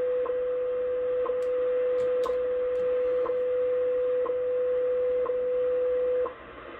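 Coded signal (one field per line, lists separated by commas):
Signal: radio time signal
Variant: WWV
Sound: steady mid tone with a short tick each second, six ticks, over hiss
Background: radio static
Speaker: so this is WWV in Colorado at 25 megahertz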